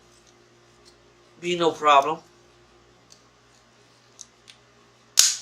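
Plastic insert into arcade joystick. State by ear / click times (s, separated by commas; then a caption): seated / 5.2 s. A plastic insert, apparently a gate that gives 8-way motion, is pushed into an arcade cabinet's joystick. Someone talks, then a few faint ticks follow as it is worked in. A sharp, loud snap at 5.2 s shows it seating in place.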